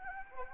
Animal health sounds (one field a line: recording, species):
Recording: mosquito wingbeat signal from an infrared sensor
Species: Anopheles arabiensis